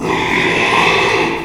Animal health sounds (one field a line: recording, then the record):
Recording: squeal of a Yucatan mini pig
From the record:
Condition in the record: after surgery on the right vocal fold (resection and tissue-engineered implant)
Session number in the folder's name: 1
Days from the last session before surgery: 6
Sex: male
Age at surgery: 12 weeks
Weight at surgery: 13 kg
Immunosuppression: cyclosporine, prednisolone